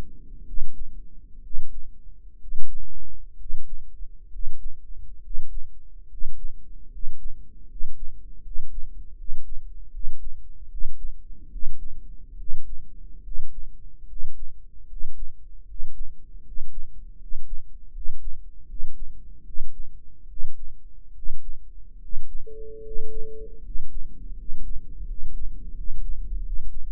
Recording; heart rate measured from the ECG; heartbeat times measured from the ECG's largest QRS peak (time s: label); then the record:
heart sounds by microphone in the right ear; 74 bpm
0.43 s: heartbeat
1.40 s: heartbeat
2.37 s: heartbeat
3.35 s: heartbeat
4.28 s: heartbeat
5.19 s: heartbeat
6.06 s: heartbeat
6.87 s: heartbeat
7.65 s: heartbeat
8.40 s: heartbeat
9.14 s: heartbeat
9.89 s: heartbeat
10.67 s: heartbeat
11.48 s: heartbeat
12.35 s: heartbeat
13.20 s: heartbeat
14.05 s: heartbeat
14.85 s: heartbeat
15.63 s: heartbeat
16.41 s: heartbeat
17.16 s: heartbeat
17.90 s: heartbeat
18.65 s: heartbeat
19.42 s: heartbeat
20.26 s: heartbeat
21.12 s: heartbeat
21.97 s: heartbeat
22.80 s: heartbeat
23.59 s: heartbeat
24.33 s: heartbeat
25.03 s: heartbeat
25.72 s: heartbeat
26.40 s: heartbeat
From the record:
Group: healthy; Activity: rest 0-24 s, Valsalva maneuver 24-27 s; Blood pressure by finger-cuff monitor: 99/69 mmHg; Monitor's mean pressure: 77 mmHg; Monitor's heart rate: 72 bpm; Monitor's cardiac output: 6.2 L/min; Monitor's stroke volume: 85 mL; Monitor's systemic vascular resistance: 890 dyn s/cm5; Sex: male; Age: 23 years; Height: 178 cm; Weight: 96.6 kg